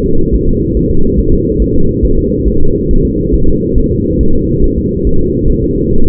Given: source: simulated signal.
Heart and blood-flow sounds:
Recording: fetal heart sounds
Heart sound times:
0.06 s: S2
0.35 s: S1
0.49 s: S2
0.77 s: S1
0.91 s: S2
1.19 s: S1
1.34 s: S2
1.62 s: S1
1.76 s: S2
2.05 s: S1
2.19 s: S2
2.48 s: S1
2.62 s: S2
2.91 s: S1
3.05 s: S2
3.34 s: S1
3.49 s: S2
3.78 s: S1
3.92 s: S2
4.21 s: S1
4.35 s: S2
4.64 s: S1
4.78 s: S2
5.07 s: S1
5.21 s: S2
5.50 s: S1
5.64 s: S2
5.93 s: S1
6.07 s: S2
From the record:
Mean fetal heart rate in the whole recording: 140 bpm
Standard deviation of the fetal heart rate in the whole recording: 2 bpm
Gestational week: 34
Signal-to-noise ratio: -19.1 dB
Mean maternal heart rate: 72 bpm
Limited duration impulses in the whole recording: present

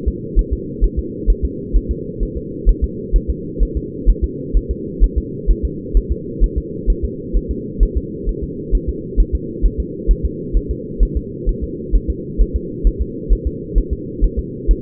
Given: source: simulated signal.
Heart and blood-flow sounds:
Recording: fetal heart sounds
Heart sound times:
0.08 s: S2
0.39 s: S1
0.53 s: S2
0.84 s: S1
0.99 s: S2
1.30 s: S1
1.45 s: S2
1.76 s: S1
1.91 s: S2
2.23 s: S1
2.37 s: S2
2.69 s: S1
2.84 s: S2
3.16 s: S1
3.30 s: S2
3.63 s: S1
3.77 s: S2
4.10 s: S1
4.24 s: S2
4.57 s: S1
4.71 s: S2
5.04 s: S1
5.18 s: S2
5.51 s: S1
5.65 s: S2
5.97 s: S1
6.12 s: S2
6.44 s: S1
6.58 s: S2
6.90 s: S1
7.05 s: S2
7.37 s: S1
7.51 s: S2
7.83 s: S1
7.97 s: S2
8.29 s: S1
8.44 s: S2
8.75 s: S1
8.89 s: S2
9.20 s: S1
9.35 s: S2
9.66 s: S1
9.80 s: S2
10.11 s: S1
10.25 s: S2
10.57 s: S1
10.71 s: S2
11.03 s: S1
11.17 s: S2
11.49 s: S1
11.64 s: S2
11.96 s: S1
12.10 s: S2
12.41 s: S1
12.56 s: S2
12.87 s: S1
13.02 s: S2
13.33 s: S1
13.47 s: S2
13.78 s: S1
13.93 s: S2
14.24 s: S1
14.39 s: S2
14.71 s: S1
From the record:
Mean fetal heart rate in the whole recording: 130 bpm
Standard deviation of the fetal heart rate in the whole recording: 2 bpm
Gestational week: 36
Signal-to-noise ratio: -4.1 dB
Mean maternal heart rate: no maternal heart sound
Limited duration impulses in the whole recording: absent

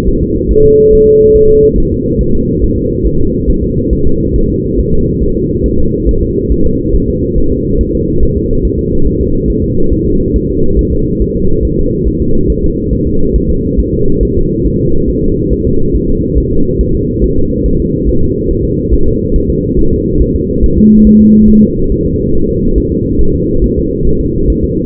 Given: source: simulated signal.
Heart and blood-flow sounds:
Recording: fetal heart sounds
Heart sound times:
0.08 s: S1
0.22 s: S2
0.51 s: S1
0.65 s: S2
0.93 s: S1
1.07 s: S2
1.36 s: S1
1.50 s: S2
1.78 s: S1
1.92 s: S2
2.21 s: S1
2.35 s: S2
2.64 s: S1
2.78 s: S2
3.07 s: S1
3.21 s: S2
3.50 s: S1
3.64 s: S2
3.93 s: S1
4.07 s: S2
4.36 s: S1
4.50 s: S2
4.79 s: S1
4.93 s: S2
5.23 s: S1
5.37 s: S2
5.66 s: S1
5.80 s: S2
6.09 s: S1
6.23 s: S2
6.52 s: S1
6.66 s: S2
6.95 s: S1
7.09 s: S2
7.38 s: S1
7.52 s: S2
7.81 s: S1
7.95 s: S2
8.23 s: S1
8.37 s: S2
8.65 s: S1
8.79 s: S2
9.07 s: S1
9.21 s: S2
9.50 s: S1
9.64 s: S2
9.93 s: S1
10.07 s: S2
10.36 s: S1
10.50 s: S2
10.79 s: S1
10.93 s: S2
11.22 s: S1
11.36 s: S2
11.65 s: S1
11.79 s: S2
12.08 s: S1
12.22 s: S2
12.50 s: S1
12.64 s: S2
12.93 s: S1
13.07 s: S2
13.36 s: S1
13.50 s: S2
13.80 s: S1
13.94 s: S2
14.23 s: S1
14.37 s: S2
14.66 s: S1
14.80 s: S2
15.10 s: S1
15.24 s: S2
15.53 s: S1
15.67 s: S2
15.96 s: S1
16.10 s: S2
16.38 s: S1
16.52 s: S2
16.81 s: S1
16.95 s: S2
17.24 s: S1
17.38 s: S2
17.66 s: S1
17.80 s: S2
18.09 s: S1
18.23 s: S2
18.51 s: S1
18.65 s: S2
18.94 s: S1
19.08 s: S2
19.36 s: S1
19.50 s: S2
19.79 s: S1
19.93 s: S2
20.22 s: S1
20.36 s: S2
20.64 s: S1
20.78 s: S2
21.07 s: S1
21.21 s: S2
21.49 s: S1
21.63 s: S2
21.92 s: S1
22.06 s: S2
22.35 s: S1
22.49 s: S2
22.78 s: S1
22.92 s: S2
23.21 s: S1
23.35 s: S2
23.64 s: S1
23.78 s: S2
24.07 s: S1
24.21 s: S2
24.50 s: S1
24.64 s: S2
From the record:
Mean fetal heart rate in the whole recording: 140 bpm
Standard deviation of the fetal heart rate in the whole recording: 2 bpm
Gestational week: 34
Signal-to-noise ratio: -17.7 dB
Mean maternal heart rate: 72 bpm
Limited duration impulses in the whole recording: present

